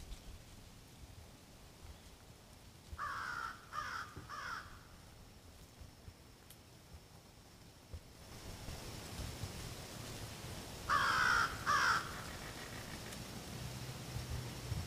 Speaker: Did you hear the American crow cawing in the latest nature sound?